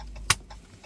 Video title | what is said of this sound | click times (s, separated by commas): Your Jeep's Touchscreen Broken? Here's the Cheap Fix... | You hear a click. | 0.3 s